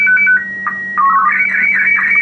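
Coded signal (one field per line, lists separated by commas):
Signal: SSTV (slow-scan television)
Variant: Wraase SC2-180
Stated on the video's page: SSTV image sent with MMSSTV software.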